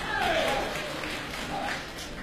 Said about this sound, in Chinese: 谢谢现场所有热情的观众，您这么稀稀拉拉的掌声，谢谢大家。